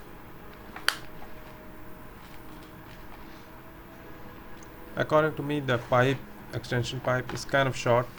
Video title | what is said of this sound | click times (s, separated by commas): H2O 5-in-1 X5 Steam Mop Floor & Multi-purpose Sterilize Chemical Free Cleaning Unboxing Only India | Just push it in, it locks into place. | 0.9 s